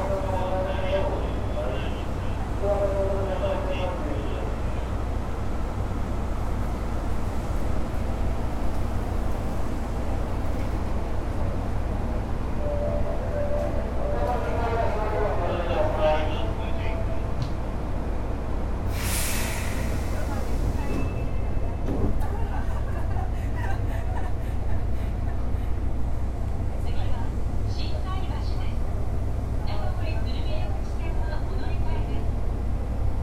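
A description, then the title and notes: An Osaka Metro 10 series chopper train running, with a steady low rumble throughout. Whining tones rise and fall in the first few seconds and again around 14–17 seconds, and a sharp hiss bursts out near 19 seconds. Voices murmur faintly underneath. 大阪市地下鉄 10系チョッパ車 中津から天王寺まで. It is running sound of the Osaka Metro 10 series train (chopper car). I recorded on the Midosuji line.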